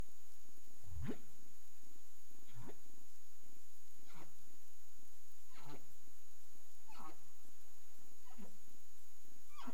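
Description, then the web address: Humpback whale song units: a series of sweeping calls spanning low to high pitch, repeated about every one and a half seconds over a steady background hiss. Recorded in the Caribbean on 30 April 2035 at 03:23 UTC. "CARIMAM clean data humpback whale"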